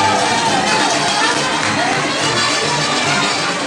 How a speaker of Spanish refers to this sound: ¡Y las palmas!